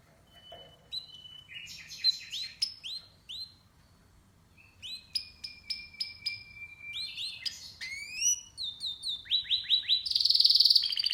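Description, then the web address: Canary song: scattered whistled phrases build into rising sweeps, long clear notes and fast trills, closing with a loud, dense buzzy rattle. "Music Canary Canary Singing"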